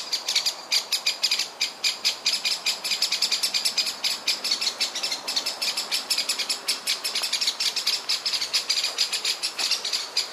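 Eurasian blackbird fuss calls: a continuous run of high, sharp, scratchy chattering notes, repeated rapidly and steadily throughout, with a faint background hiss.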